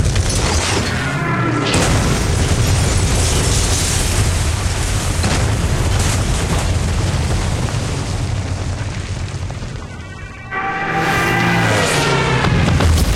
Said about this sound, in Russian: Повсюду раздаются взрывы. Идет массированная бомбежка.